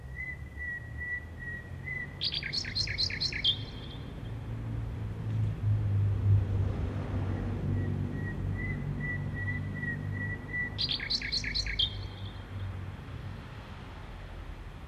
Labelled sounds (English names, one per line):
Common Nightingale song